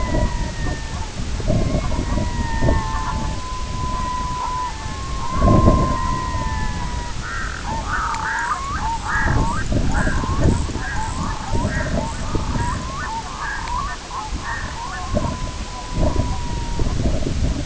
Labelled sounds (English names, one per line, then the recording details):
Red-throated Loon
White-rumped Sandpiper
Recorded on Arctic tundra, site IGLO-B, on 21 June 2018
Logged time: 07:59